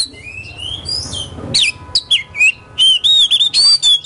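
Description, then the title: Oriental magpie-robin song, slurred rising whistles, then a quick series of loud, sharp whistled notes repeated in close succession. Kacer poci competition bird in full song (gacor), national champion; song styles nembak and ngerol; seven kinds of kacer sounds every three minutes. "Kacer Poci Gacor Nembak Dan Ngerol Juara Nasional. 7 macam suara kacer setiap 3 menit"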